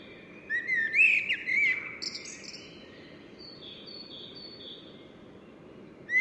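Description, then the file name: Common blackbird giving one clear fluted phrase with a thin twittered ending, followed by quiet, and the start of another note right at the end. "Turdus merula"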